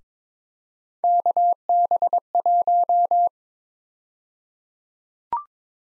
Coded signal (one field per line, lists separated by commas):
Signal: Morse code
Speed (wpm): 22 wpm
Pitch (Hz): 700 Hz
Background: none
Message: KB1